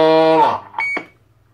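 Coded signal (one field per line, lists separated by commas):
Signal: roger beep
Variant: single-tone CB roger beep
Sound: buzzy carrier sound fading, then one short high beep with clicks at either end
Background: radio squelch noise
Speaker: Roger Beep, classico, un tono, sempre inserito.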